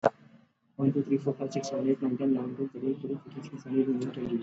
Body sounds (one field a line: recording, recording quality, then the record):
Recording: counting at a fast pace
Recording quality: moderate, slight background noise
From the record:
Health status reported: exposed to COVID-19, no respiratory illness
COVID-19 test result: not tested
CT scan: not taken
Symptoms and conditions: none ticked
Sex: male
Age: 22 years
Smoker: no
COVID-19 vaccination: both doses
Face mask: not worn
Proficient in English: yes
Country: India